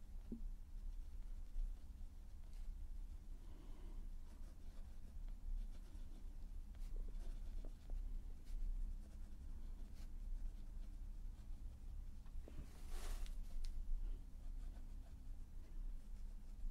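Pencil colouring on paper: a steady low hum underneath soft, uneven scratching strokes, with a brighter, harsher rub near thirteen seconds.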